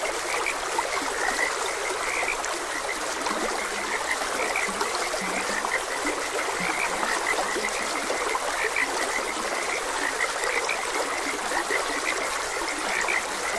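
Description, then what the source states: Frogs croaking in a steady chorus, short bright notes repeating every second or so above the constant rush of flowing water. Frogs croaking beside a gentle stream.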